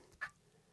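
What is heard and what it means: An interior comfort liner cheek pad is pulled out of a Shoei Hornet X2 Adventure motorcycle helmet to show the speaker cutout. The pad's snap releases from the helmet shell with a short, sharp click at 0.2 seconds, and the pad comes free. A faint tick comes just before at 0.1 seconds.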